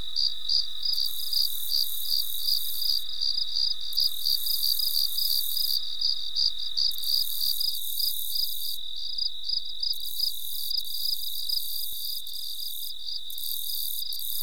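Cricket chirping in an even, rapid rhythm near three pulses per second.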